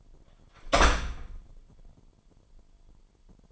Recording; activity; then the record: daily activity, microphone in the room; close door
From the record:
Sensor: 5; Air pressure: 998.6 hPa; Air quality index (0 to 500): 82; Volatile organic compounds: 1 ppm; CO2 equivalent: 932 ppm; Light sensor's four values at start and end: 33/79/33/36 and 32/79/32/36